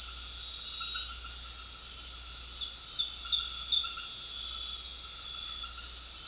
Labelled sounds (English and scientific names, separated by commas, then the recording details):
none
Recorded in secondary vegetation near Puerto Asís, Putumayo, Colombia, on 4 March 2025 at 20:00
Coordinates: 0.499, -76.323
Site G094